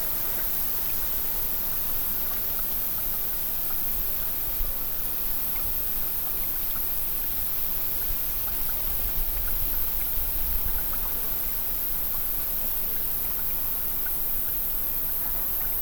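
A breezy meadow at dusk, heard as a steady, dense hiss of wind and rushing water that barely changes across the clip. A low rumble swells briefly around the middle, and faint small ticks and chirps are scattered through the wash.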